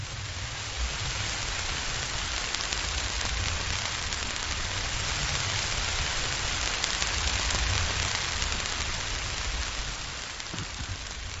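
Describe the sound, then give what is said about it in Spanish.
A sonified solar storm recording captured by the CARISMA magnetic observatory network in Canada: a dense, steady wash of crackling static and hiss, like heavy rain, holding constant for about eleven seconds with a low rumbling undertone and no voices. “Es el sonido del sol. Concretamente, el sonido de una tormenta solar.”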